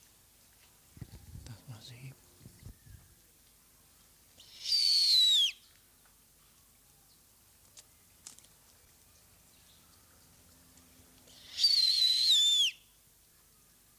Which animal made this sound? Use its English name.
Snowy Owl